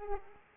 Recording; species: mosquito wingbeat signal from an infrared sensor; Aedes aegypti